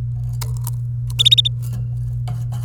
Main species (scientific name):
Serinus canaria